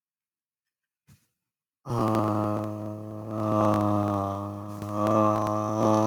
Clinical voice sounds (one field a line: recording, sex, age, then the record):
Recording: vowel held as long as possible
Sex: male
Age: 20 to 29 years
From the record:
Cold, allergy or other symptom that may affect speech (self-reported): no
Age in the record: 25 years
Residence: Texas, United States